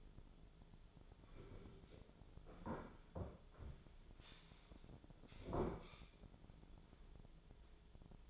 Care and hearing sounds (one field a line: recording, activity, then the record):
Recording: daily activity, microphone in the room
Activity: sit down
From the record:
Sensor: 5